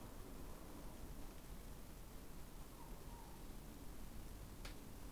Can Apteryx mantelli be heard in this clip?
no